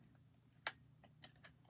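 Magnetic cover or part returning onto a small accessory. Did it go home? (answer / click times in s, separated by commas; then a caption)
yes / 0.7 s. A magnetic part is put back onto a small accessory and snaps into place with one sharp, bright click at 0.7 s, seating it. A few much fainter ticks follow around 1.2, 1.5 and 1.7 s over a low steady hum.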